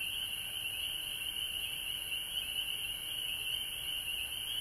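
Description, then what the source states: Many frogs calling at once, a continuous high trilling chorus with subtle waves in intensity, over steady background hiss. Frogs recorded at home in Georgia on March 19, 2020.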